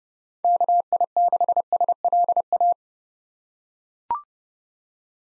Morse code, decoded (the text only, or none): KI6SLA